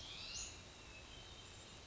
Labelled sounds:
Western Flycatcher

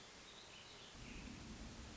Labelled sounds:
Hermit Thrush

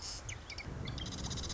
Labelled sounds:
Marsh Wren

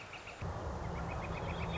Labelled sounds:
Northern Flicker

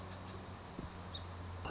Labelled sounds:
Song Sparrow

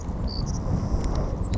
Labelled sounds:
Savannah Sparrow

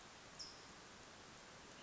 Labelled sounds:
California Towhee

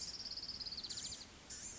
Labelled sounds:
Blue-gray Gnatcatcher

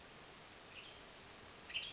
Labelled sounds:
Western Tanager

